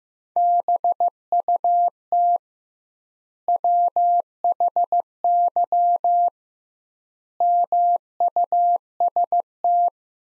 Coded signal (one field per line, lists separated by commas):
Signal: Morse code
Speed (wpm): 15 wpm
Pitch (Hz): 700 Hz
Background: none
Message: BUT WHY MUST